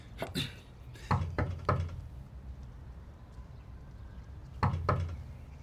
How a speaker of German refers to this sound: Ich klopfe jetzt. Und ihr bleibt außer Sicht.